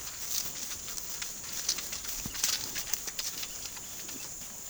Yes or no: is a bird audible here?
no